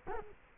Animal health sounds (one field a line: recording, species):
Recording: mosquito wingbeat signal from an infrared sensor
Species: Culex quinquefasciatus